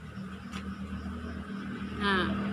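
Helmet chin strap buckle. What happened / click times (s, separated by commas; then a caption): The buckle is handled but has not clicked shut yet / none. Someone handles the plastic chin-strap buckle of a helmet, getting ready to fasten it shut. Someone talks over a steady low engine-like hum, and the buckle has not clicked or seated yet by the end of the clip.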